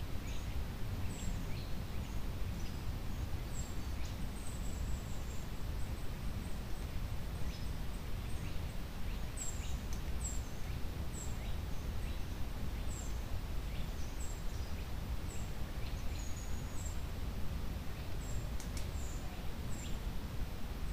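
A steady forest rush of soft leaf rustling fills the clip, thick and rumbling in the low end and unchanging in level throughout. Short, high bird chirps and whistles break through every second or two, clustering more densely from around ten seconds on.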